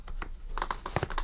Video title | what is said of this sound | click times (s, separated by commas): How to FIX Shark that is Hard to Push Around and Leaves Marks on Floor - CLEAN WHEELS | there we go that Wheels out and we'll do the same on this one as well | 1.0 s